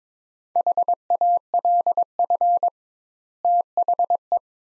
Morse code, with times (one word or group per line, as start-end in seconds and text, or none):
0.6-2.7 HALF
3.4-4.4 THE